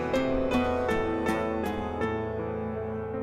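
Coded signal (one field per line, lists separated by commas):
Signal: none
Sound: music notes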